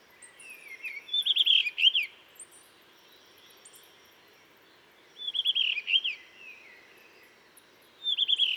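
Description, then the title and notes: Blue rock thrush song: three melodious phrases of rapid looping whistles, spaced a few seconds apart, clear over soft background hiss. Sings to mark territory all morning, changing perches regularly; warm rocky cliff, Dentelles de Montmirail, 12 March 2020, 7:25 am; recorded with Nagra seven and Telinga pro7. "12 mars 2020-7h25-Dentelles de Montmirail - Des le lever du jour un Monticole bleu (Monticola solitarius) se signale en alarmant dans la falaise, ensuite il se met à chanter pour marquer son territoire."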